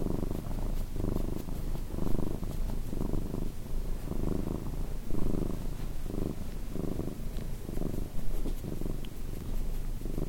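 Purring cat, low rumble in rhythmic swells, each breath cycle marked by a brighter burst.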